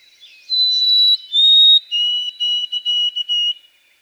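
White-throated sparrow song: two long pure whistles stepping down slightly, then several shorter, lower whistled notes.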